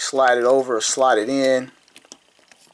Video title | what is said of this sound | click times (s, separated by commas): Transformers 86 Studio Series PERCEPTOR toy review | and that locks our microscope. | 2.1 s